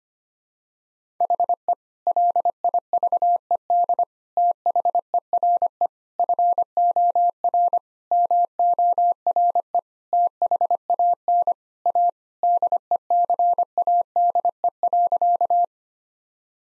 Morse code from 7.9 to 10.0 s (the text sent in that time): MORE